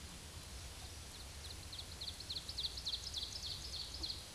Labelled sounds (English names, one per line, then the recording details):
Ovenbird song
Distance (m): 105 m
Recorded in a Pennsylvania forest on 17 May 2023 at 12:47
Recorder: AudioMoth, point grid1_18_low
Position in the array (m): 184 m, 71 m